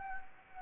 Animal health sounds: mosquito wingbeat signal from an infrared sensor; Anopheles gambiae

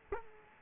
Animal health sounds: mosquito wingbeat signal from an infrared sensor; Culex quinquefasciatus

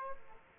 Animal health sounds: mosquito wingbeat signal from an infrared sensor; Aedes aegypti

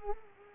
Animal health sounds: mosquito wingbeat signal from an infrared sensor; Culex quinquefasciatus

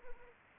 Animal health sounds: mosquito wingbeat signal from an infrared sensor; Anopheles arabiensis

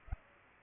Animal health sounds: mosquito wingbeat signal from an infrared sensor; Culex pipiens

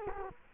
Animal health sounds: mosquito wingbeat signal from an infrared sensor; Culex quinquefasciatus

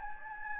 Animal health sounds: mosquito wingbeat signal from an infrared sensor; Anopheles gambiae

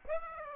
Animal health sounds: mosquito wingbeat signal from an infrared sensor; Aedes aegypti

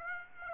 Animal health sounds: mosquito wingbeat signal from an infrared sensor; Aedes aegypti

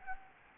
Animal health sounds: mosquito wingbeat signal from an infrared sensor; Anopheles gambiae

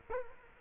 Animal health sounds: mosquito wingbeat signal from an infrared sensor; Culex quinquefasciatus

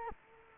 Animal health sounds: mosquito wingbeat signal from an infrared sensor; Culex quinquefasciatus

